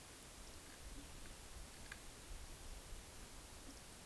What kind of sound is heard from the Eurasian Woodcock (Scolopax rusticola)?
whistle